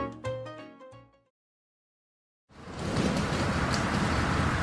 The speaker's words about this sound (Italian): Urca, che vento!